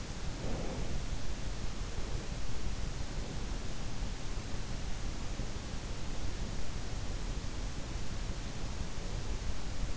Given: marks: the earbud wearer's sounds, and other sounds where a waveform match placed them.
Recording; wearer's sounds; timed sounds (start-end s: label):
sounds in sleep by an in-ear microphone; breath
0.00-1.79 s: breath